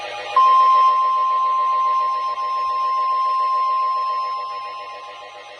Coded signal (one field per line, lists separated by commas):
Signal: Emergency Alert System (SAME) tones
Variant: 1050 Hz attention tone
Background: music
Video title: I JUST CAME BACK IN NEW YORK... EAS Alerts from 5/3/25 (EAS#3,518 - #3,525)